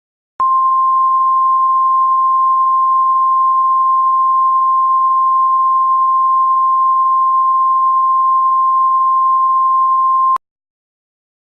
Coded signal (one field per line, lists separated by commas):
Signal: Emergency Alert System (SAME) tones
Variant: 1050 Hz attention tone